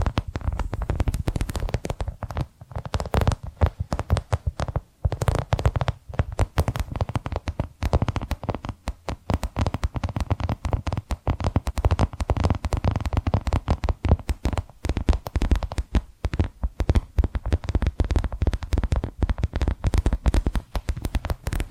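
Dense, rapid tapping and scratching runs throughout, sharp clicks crowding together over a low rumbling body, with a brief pause near five seconds.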